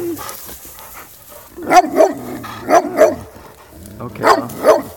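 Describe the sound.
Dog barks in three doubled pairs over a quiet background.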